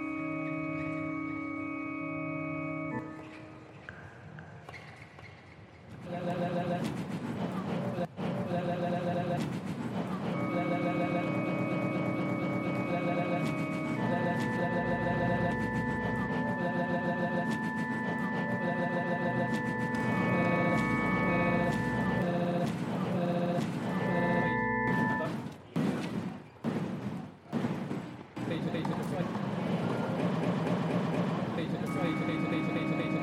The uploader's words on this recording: This is my annual exploration of sounds from the US Open Tennis tournament, held in New York at the end of each Summer. Spectral gate, delay, and reverb from Logic Pro were used to process some of the sounds, and synth ambience was created within Alchemy.